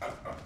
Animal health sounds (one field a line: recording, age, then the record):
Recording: pig call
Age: growing-finishing pig (85 days or more)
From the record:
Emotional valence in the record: positive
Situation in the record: run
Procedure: transit